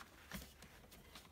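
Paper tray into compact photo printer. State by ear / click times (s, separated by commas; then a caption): not seated / none. A loaded paper tray, with the paper put in shiny side up, is slid into a Canon Selphy CP 1200 compact photo printer, making soft sliding and handling noises with brief knocks at about 0.6 and 1.2 seconds. The clip ends before the tray goes home, so nothing has seated or clicked yet.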